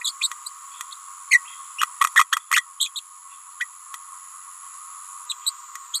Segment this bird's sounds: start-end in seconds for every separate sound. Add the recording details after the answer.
0.04-0.12, 0.20-0.29, 1.30-1.43, 1.78-1.86, 2.01-2.09, 2.16-2.24, 2.32-2.40, 2.50-2.64, 2.80-2.90, 2.96-3.00, 3.60-3.65, 5.29-5.35, 5.45-5.51, 5.93-6.00. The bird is a female. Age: 28 days. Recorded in a nest box in Venezuela. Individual 17B31A3